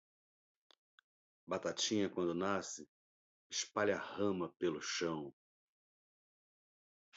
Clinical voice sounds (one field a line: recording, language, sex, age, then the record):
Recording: short text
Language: Brazilian Portuguese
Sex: male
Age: 50 to 59 years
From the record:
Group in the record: control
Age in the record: 56 years